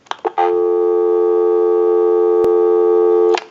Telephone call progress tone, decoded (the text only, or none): dial tone